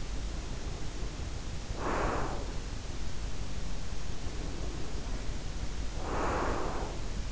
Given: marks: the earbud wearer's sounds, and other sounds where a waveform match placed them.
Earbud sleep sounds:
sounds in sleep by an in-ear microphone; breath
0.31-2.71 s: breath
4.14-7.32 s: breath

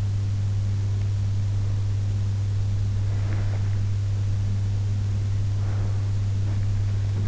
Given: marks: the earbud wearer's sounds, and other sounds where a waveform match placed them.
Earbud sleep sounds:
sounds in sleep by an in-ear microphone; breath
2.88-3.92 s: breath
5.61-7.00 s: breath

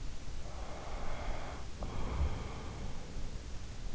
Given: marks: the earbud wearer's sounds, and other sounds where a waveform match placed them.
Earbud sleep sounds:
sounds in sleep by an in-ear microphone; breath
0.60-3.58 s: breath

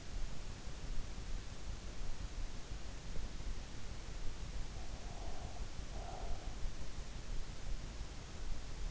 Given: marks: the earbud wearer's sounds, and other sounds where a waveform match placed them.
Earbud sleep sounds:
sounds in sleep by an in-ear microphone; breath
4.94-6.66 s: breath

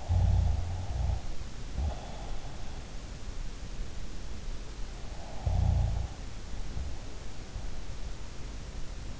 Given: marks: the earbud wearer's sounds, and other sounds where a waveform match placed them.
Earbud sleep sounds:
sounds in sleep by an in-ear microphone; snoring breath
0.00-2.55 s: snoring breath
5.10-6.93 s: snoring breath

